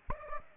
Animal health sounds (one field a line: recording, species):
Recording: mosquito wingbeat signal from an infrared sensor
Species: Aedes aegypti